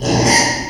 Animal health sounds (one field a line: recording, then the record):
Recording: squeal of a Yucatan mini pig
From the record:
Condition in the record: before surgery on the right vocal fold (resection and tissue-engineered implant)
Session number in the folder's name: 2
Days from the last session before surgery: 0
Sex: male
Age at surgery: 12 weeks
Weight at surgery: 13 kg